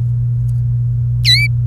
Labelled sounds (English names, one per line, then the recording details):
Domestic Canary song
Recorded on 28 April 2018 at 07:57
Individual llb3